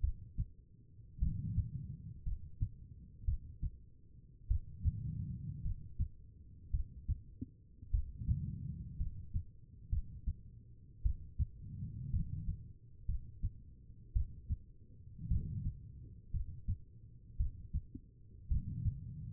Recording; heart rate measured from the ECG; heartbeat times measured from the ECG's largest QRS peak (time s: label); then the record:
heart sounds by stethoscope; 55 bpm
0.01 s: heartbeat
1.19 s: heartbeat
2.24 s: heartbeat
3.25 s: heartbeat
4.48 s: heartbeat
5.62 s: heartbeat
6.71 s: heartbeat
7.91 s: heartbeat
8.97 s: heartbeat
9.90 s: heartbeat
11.03 s: heartbeat
12.11 s: heartbeat
13.06 s: heartbeat
14.13 s: heartbeat
15.28 s: heartbeat
16.31 s: heartbeat
17.37 s: heartbeat
18.48 s: heartbeat
From the record:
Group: healthy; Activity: rest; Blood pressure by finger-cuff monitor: 85/59 mmHg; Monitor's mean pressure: 67 mmHg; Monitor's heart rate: 57 bpm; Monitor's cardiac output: 4.2 L/min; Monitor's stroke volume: 74 mL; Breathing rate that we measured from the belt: 17 breaths a minute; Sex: female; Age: 36 years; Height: 163 cm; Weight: 88 kg